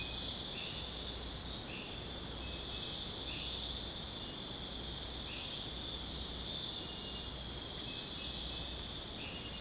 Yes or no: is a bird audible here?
no